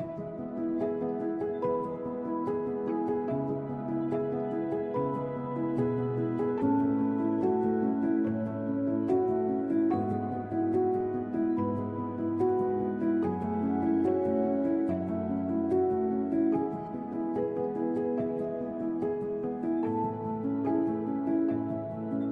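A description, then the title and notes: A mellow lofi hip hop beat plays at an even, steady level, with soft sustained chords and a warm bass line moving slowly underneath. Light, regular percussion ticks through the whole stretch, and short melodic notes sit above the chords without any sudden changes. Chill Lofi Hip Hop Beat.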